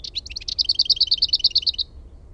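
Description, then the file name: Lesser whitethroat song: brief chattering lead-in followed by a steady, rapid rattle of repeated identical notes at constant pitch. "HERNEKERTTU"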